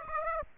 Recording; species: mosquito wingbeat signal from an infrared sensor; Aedes aegypti